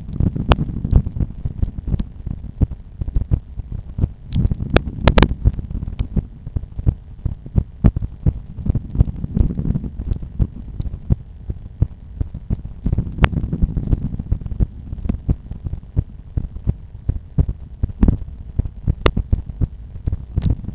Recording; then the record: heart sounds by stethoscope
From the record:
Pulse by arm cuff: 83 bpm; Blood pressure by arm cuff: 133/90 mmHg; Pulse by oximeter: 89 bpm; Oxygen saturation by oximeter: 99%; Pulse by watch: 86 bpm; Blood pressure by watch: 114/75 mmHg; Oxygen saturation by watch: 97%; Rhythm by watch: sinus rhythm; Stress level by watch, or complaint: low stress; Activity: after 5 min smoking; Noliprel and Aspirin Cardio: no pills today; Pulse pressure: 43 mmHg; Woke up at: 7:00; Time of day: 8:30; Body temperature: 36.6 C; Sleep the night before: 8 h 5 min, score 54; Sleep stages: REM 28%, light 57%, deep 5%, awake 10%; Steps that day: 9800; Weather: cloudy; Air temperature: 15.9 C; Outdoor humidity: 92%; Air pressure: 1011 hPa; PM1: 5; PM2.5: 8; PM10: 10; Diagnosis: hypertension, treated with Noliprel and Aspirin Cardio 100 mg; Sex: male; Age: 53 years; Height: 174 cm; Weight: 81 kg